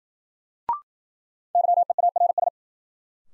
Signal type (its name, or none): Morse code